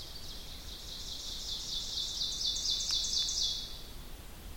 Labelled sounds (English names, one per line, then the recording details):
Ovenbird song
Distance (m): 40 m
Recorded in boreal forest in Alberta, Canada, on 2 June 2016 at 07:18
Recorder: SongMeter 3, array SBT-3-7
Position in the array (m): 99 m, 29 m
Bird 9